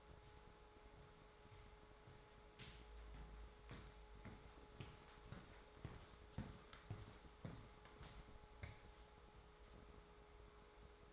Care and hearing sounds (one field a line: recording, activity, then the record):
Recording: daily activity, microphone in the room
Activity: walk to room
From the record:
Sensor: 3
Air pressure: 1010.4 hPa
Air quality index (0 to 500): 166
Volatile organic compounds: 9 ppm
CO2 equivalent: 2174 ppm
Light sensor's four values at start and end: 52/127/56/63 and 48/119/53/59